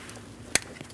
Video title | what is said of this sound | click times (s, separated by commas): How to Replace Ignition Coil 2011-2026 Dodge Durango | Push until you hear a click. | 0.5 s